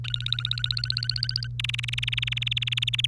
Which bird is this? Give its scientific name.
Serinus canaria